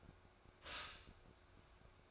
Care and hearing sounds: daily activity, microphone in the room; stop toaster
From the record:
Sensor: 2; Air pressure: 1004.0 hPa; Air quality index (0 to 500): 193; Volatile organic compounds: 11 ppm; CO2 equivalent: 2313 ppm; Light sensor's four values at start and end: 4/10/4/4 and 4/10/4/4

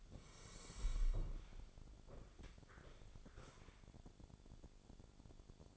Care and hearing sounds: daily activity, microphone in the room; sit down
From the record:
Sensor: 5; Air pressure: 1000.5 hPa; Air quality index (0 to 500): 142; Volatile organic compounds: 2 ppm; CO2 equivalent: 1106 ppm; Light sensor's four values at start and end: 47/110/46/48 and 47/110/46/48

